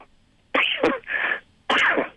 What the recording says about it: I love coughing on the radio. My lungs trying to get this little tiny drop of whatever it is out of my throat.